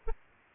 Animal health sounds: mosquito wingbeat signal from an infrared sensor; Aedes aegypti

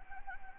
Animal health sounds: mosquito wingbeat signal from an infrared sensor; Anopheles gambiae

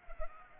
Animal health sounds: mosquito wingbeat signal from an infrared sensor; Culex pipiens

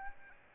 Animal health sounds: mosquito wingbeat signal from an infrared sensor; Aedes albopictus

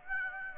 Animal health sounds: mosquito wingbeat signal from an infrared sensor; Aedes aegypti

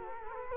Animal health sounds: mosquito wingbeat signal from an infrared sensor; Culex quinquefasciatus

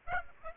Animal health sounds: mosquito wingbeat signal from an infrared sensor; Aedes aegypti

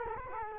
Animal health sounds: mosquito wingbeat signal from an infrared sensor; Culex quinquefasciatus

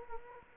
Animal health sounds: mosquito wingbeat signal from an infrared sensor; Culex quinquefasciatus

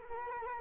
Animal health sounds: mosquito wingbeat signal from an infrared sensor; Culex quinquefasciatus

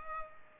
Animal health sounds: mosquito wingbeat signal from an infrared sensor; Culex pipiens

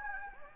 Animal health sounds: mosquito wingbeat signal from an infrared sensor; Anopheles gambiae

